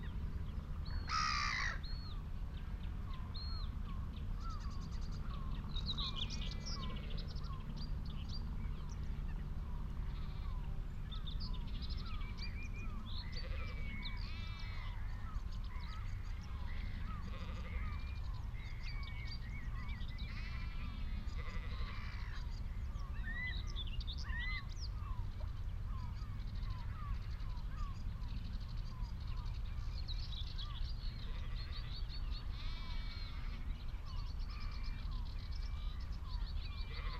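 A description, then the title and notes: Higham Marshes on a warm May afternoon: a steady low rumble of wind runs throughout beneath many overlapping bird calls, chirps, trills and short whistles, busy and continuous across the whole stretch. A few louder calls stand out, including a sharp burst near the start. Out in the wide open on Higham Marshes in Kent on a warm May afternoon. The sound scene of the Higham Marshes nature reserve from a little hawthorn tree in full scented blossom.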